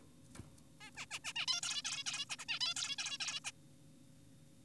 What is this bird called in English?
Zebra Finch